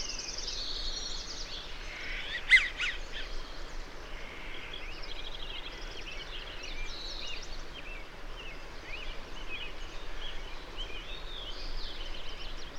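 Birdsong: a busy chorus of high twittering and chirping notes from several birds, with one sharp louder chip early on, over constant low background rumble.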